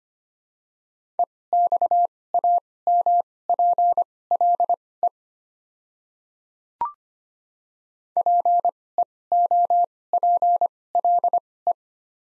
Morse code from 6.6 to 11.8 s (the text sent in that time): PEOPLE